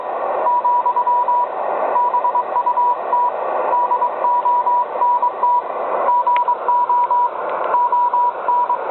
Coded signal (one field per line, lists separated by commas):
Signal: Morse code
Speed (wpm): 22 wpm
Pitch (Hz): 970 Hz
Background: radio noise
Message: , BUT DONT GO ON